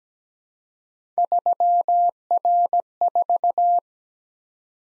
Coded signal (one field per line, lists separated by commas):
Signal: Morse code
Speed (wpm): 20 wpm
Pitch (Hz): 700 Hz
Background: none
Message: 3R4